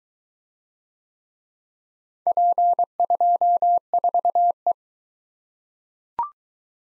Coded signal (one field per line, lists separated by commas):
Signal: Morse code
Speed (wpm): 20 wpm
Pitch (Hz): 700 Hz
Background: none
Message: P24E